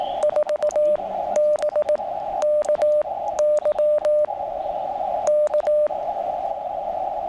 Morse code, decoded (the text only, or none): 4BKY K